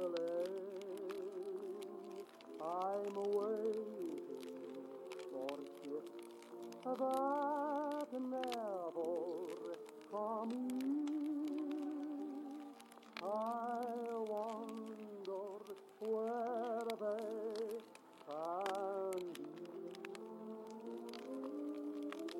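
Oldies play from another room, a sung melody with wavering held notes over a mellow, steady backing. A fireplace crackles throughout, with frequent sharp pops and ticks scattered over the music. The song dips briefly between phrases but never stops.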